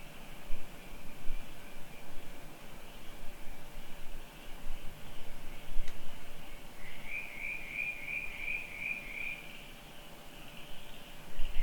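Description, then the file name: Crickets giving a faint high hum, then a brief burst of quick repeated chirps in the second half, over low rumbling noise with a click near six seconds. Crickets at night on a rural property. "Night Crickets Ambience on Rural Property"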